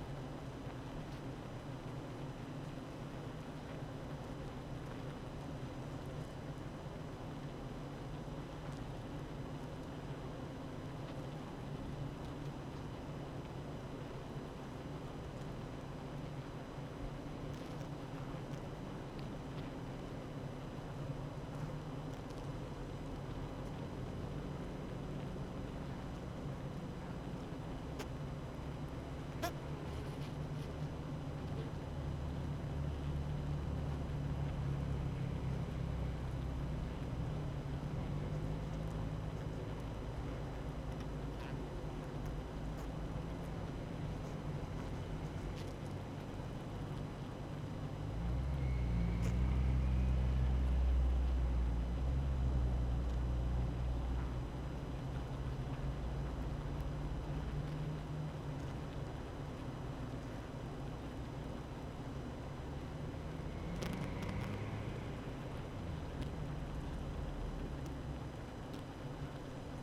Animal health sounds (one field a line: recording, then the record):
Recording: honeybee colony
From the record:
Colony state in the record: active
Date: 12 June 2018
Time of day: 8:15